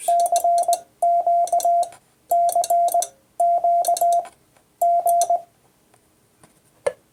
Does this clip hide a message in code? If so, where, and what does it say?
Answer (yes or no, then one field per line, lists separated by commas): yes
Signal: Morse code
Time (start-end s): 0.1-5.4 s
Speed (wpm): 20 wpm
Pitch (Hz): 690 Hz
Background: none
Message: CQ CQ G